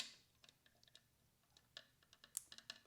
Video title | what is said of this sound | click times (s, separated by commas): Installation of Custom Dynamics Lower Fairing Lights On My 2019 Street Glide CVO | this today it clicked in like i said everything's quick connected | 2.4 s